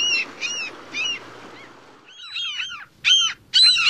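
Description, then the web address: Mew gull calls: a few squealing notes half buried in rushing background noise, then clearer arched, nasal mewing cries in quick succession. Recorded in North America. "Songs of Birds of North America Stokes. Mew Gull"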